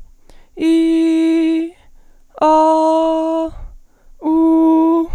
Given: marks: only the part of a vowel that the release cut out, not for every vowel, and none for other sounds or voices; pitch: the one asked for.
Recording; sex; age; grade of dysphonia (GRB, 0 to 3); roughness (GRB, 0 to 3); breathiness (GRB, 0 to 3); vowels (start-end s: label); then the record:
sustained vowels; female; 18 to 19 years; 0; 0; 0
0.66-1.57 s: vowel /i/, high pitch
2.48-3.40 s: vowel /a/, high pitch
4.29-4.97 s: vowel /u/, high pitch
From the record:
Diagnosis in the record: healthy voice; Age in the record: 19 years